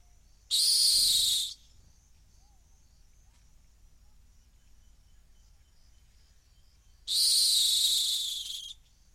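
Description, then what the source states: Rock hyrax uttering two rasping, screechy shrieks of one to one and a half seconds, several seconds apart with near silence between. Calling from the edge of a gorge in the Masai Mara.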